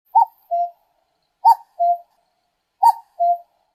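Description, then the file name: Common cuckoo calling a falling two-note cuck-oo, the higher note dropping to a lower one, given three times about every 1.3 seconds with silence between. "kakkouna"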